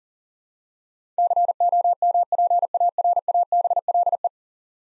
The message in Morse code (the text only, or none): COMPARABLE